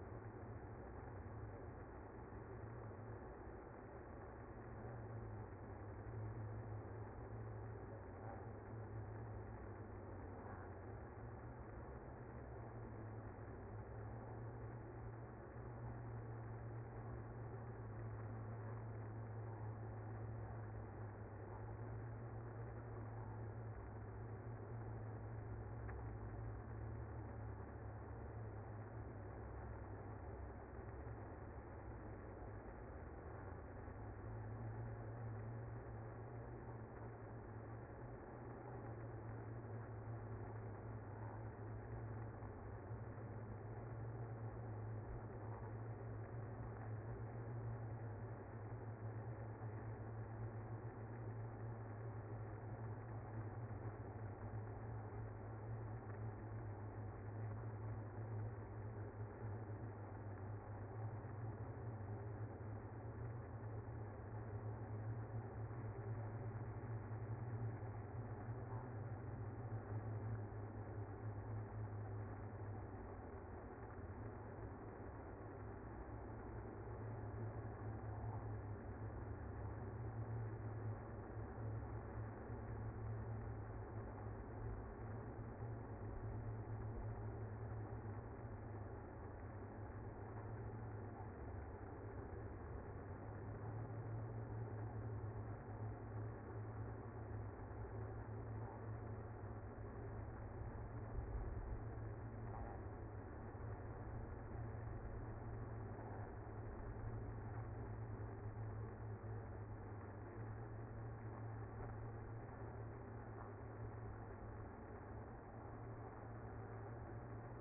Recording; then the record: honeybee colony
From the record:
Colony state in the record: active